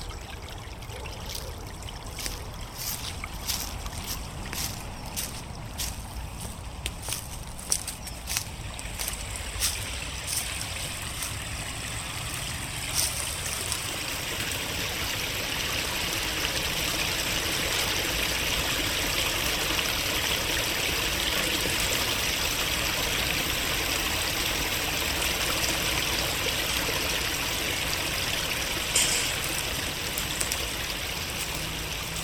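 Leaves and twigs crunch underfoot in quick, irregular bursts during the first dozen seconds of a walk along a river path. After that the footsteps fade and a steady, dense rush of flowing water takes over, with a low distant rumble of the city underneath.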